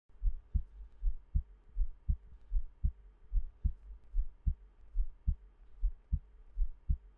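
Steady paired low thumps at about 75 beats a minute, a regular adult heartbeat heard up close.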